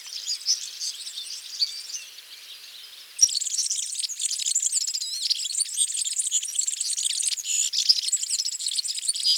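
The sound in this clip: European serin: high, hurried jingling bird song, softer at first, then a denser, louder stretch of sizzling twittering notes from about three seconds onward.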